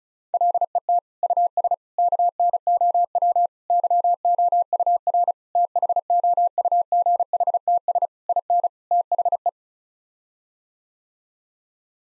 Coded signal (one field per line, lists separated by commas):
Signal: Morse code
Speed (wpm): 34 wpm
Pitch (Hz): 700 Hz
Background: none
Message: LET US KNOW YOUR THOUGHTS IN THE